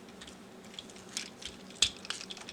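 The second arm of a plastic KO-version Transformers Studio Series movie 7 Scourge toy robot is rotated out, and its plastic clasp is pressed into the arm or body with a few light plastic ticks and handling noises. The clasp catches and locks with a sharp click at 1.8 s, followed by a few smaller clicks.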